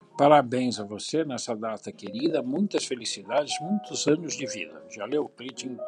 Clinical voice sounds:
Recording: short text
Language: Brazilian Portuguese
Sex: male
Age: 70 to 79 years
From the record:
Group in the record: control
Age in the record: 70 years

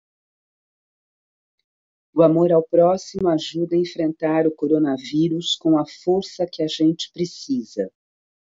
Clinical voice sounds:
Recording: spoken sentence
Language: Brazilian Portuguese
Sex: female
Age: 50 to 59 years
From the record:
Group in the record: control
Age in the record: 59 years

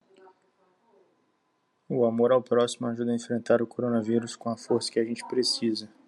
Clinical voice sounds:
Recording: spoken sentence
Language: Brazilian Portuguese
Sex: male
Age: 20 to 29 years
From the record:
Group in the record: control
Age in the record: 25 years

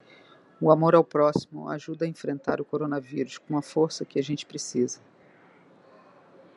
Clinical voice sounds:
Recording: spoken sentence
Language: Brazilian Portuguese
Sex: female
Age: 50 to 59 years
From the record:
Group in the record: control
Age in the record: 55 years

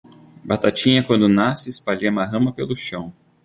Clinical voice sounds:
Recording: short text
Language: Brazilian Portuguese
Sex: male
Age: 40 to 49 years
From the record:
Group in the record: control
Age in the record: 40 years

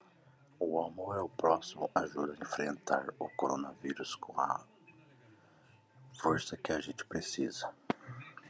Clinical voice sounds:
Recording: spoken sentence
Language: Brazilian Portuguese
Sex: male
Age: 40 to 49 years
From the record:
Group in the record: control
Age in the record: 42 years

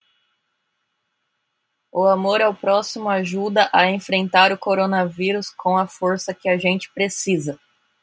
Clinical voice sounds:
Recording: spoken sentence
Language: Brazilian Portuguese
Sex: female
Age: 30 to 39 years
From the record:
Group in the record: control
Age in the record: 38 years

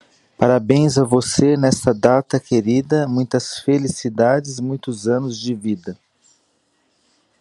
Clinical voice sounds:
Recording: short text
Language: Brazilian Portuguese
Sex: male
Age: 40 to 49 years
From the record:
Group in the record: control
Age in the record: 47 years

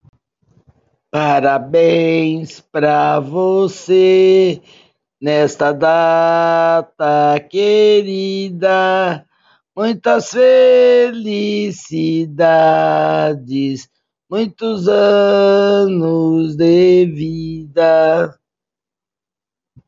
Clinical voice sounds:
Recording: short text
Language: Brazilian Portuguese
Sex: female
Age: 60 to 69 years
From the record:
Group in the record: control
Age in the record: 69 years

